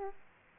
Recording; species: mosquito wingbeat signal from an infrared sensor; Aedes aegypti